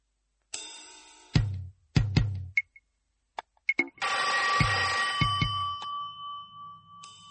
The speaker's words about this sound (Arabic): حد يرد على التليفون.